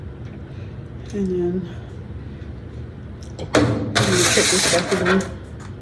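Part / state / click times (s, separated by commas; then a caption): plastic stopper or lid going into a gravy separator / not seated / none. Someone talks while a plastic stopper or lid is handled and put back into a gravy separator after the gravy has been poured off. Brief sharp knocks around 3.2–4.0 s give way to a louder rustling clatter. Nothing has seated or clicked into place yet.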